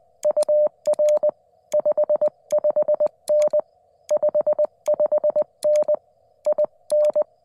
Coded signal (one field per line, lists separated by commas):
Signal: Morse code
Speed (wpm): 20 wpm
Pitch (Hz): 600 Hz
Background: none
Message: UR 55N 55N IN